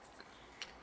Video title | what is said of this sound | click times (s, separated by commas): MG Master Grade 1/100 Freedom Gundam Review Part 2 | You can hear a clicking noise. Pretty secure. | 0.2 s, 0.6 s